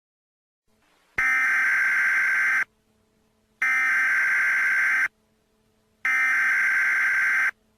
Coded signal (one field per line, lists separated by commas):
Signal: Emergency Alert System (SAME) tones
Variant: header bursts